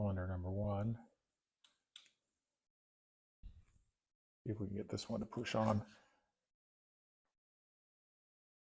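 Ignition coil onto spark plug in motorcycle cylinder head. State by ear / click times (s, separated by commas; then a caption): not seated / none. The stick ignition coil for cylinder 1 of a 2014–2016 Yamaha FZ-09/MT-09 is handled as it is being pushed down through the cylinder head cover toward the spark plug, while someone talks. Brief faint handling sounds occur near 1.7 s and 2.0 s, with a few low thuds around 3.5 s. The coil has not clicked or seated onto the plug yet.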